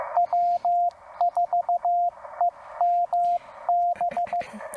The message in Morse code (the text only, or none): W4EMB